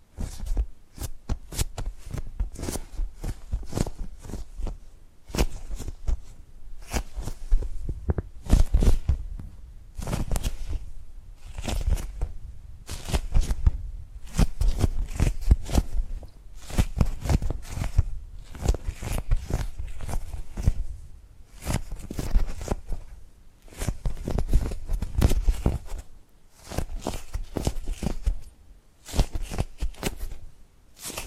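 Tapping and gripping sounds come in quick, irregular bursts of sharp clicks and knocks, clustered densely with brief pauses between groups. Each tap is crisp and bright with a dull low thump underneath, and a soft rustling texture fills the gaps.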